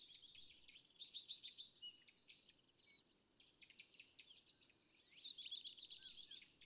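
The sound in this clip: California thrasher singing varied high phrases, quick repeated chips and a closing rapid trill, against a steady background hiss.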